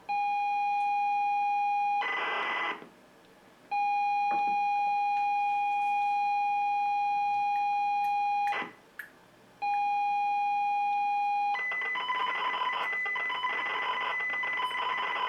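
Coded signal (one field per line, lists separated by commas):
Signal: ZX Spectrum tape loading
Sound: steady lead tone, brief harsh burst, two more lead tones, then continuous screeching data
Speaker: we'll see what we've got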